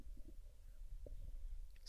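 Low, gurgling rumbles of an adult's empty stomach, the ordinary hunger growling of borborygmi, from not having eaten yet after just waking up.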